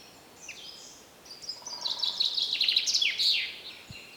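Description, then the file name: Common chaffinch delivering one rapid, descending trilled phrase that closes with an emphatic flourish, preceded by a few thin high notes and soft background noise. "Fringilla coelebs"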